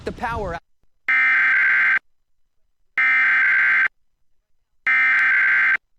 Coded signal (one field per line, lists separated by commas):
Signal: Emergency Alert System (SAME) tones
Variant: header bursts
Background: speech